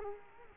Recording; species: mosquito wingbeat signal from an infrared sensor; Culex quinquefasciatus